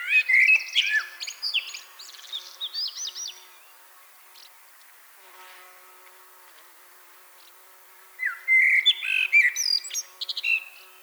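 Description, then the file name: Common blackbird song: a fluty whistled phrase with scratchy high twitters, a long quiet gap, then a second warbled phrase ending in squeaky notes. "Turdus merula"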